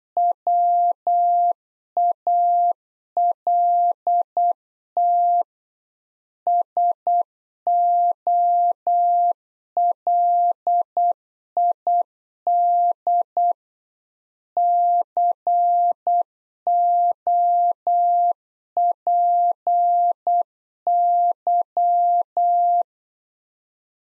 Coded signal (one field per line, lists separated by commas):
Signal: Morse code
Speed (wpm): 8 wpm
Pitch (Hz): 700 Hz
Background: none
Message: WALT SOLID COPY